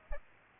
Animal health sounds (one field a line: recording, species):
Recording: mosquito wingbeat signal from an infrared sensor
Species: Aedes aegypti